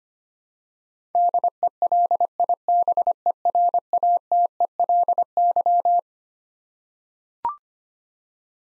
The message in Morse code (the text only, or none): DELIBERATELY